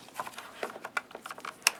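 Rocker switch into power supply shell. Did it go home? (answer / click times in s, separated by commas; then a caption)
yes / 1.7 s. A rocker switch is pushed straight into its opening in the plastic shell of a Haag-Streit LED power supply, with light scraping and tapping sounds as it is worked into place and a sharp knock near 1.0 s. It snaps in with a loud, sharp click at 1.7 s, and the switch is seated in the housing.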